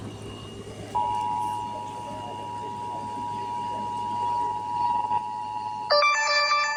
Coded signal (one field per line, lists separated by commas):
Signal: Emergency Alert System (SAME) tones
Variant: 853 and 960 Hz attention tone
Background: speech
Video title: EAS Alerts from 7/4/26-7/5/26 #67-82